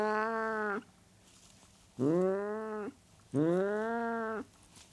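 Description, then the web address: Burmese cat uttering three long, nasal yowls, the last two starting low and swinging upward before levelling off, with brief quiet gaps between them. Burmese domestic cat; the recording is described as hissing and growling. "The BBC Sound Effects Library - Complete 60 CDs Collection. Burmese Cat Hissing And Growling"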